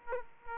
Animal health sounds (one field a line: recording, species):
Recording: mosquito wingbeat signal from an infrared sensor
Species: Aedes aegypti